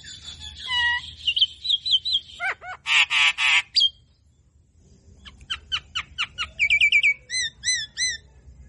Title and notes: Pancingin Dengan Suara Khas Jalak Kebo Gacor Mangut Mangugut. Kicau Jalak Kebo